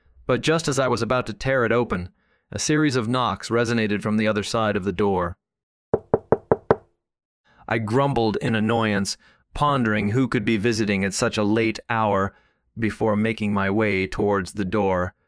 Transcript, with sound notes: But just as I was about to tear it open, a series of knocks resonated from the other side of the door. *Knock, Knock, Knock* I grumbled in annoyance, pondering who could be visiting at such a late hour, before making my way towards the door.